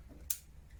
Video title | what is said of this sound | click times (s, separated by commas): REARMADO LUGER P08 (assembly) | vamos a terminar de cerrarla luego este entra aquí es hacer un clic | 0.3 s